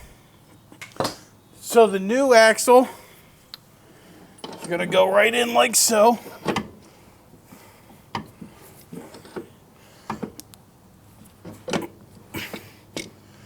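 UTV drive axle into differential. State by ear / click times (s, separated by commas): not seated / none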